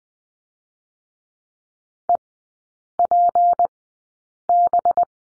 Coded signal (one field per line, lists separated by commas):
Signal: Morse code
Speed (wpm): 20 wpm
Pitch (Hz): 700 Hz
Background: none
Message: EPB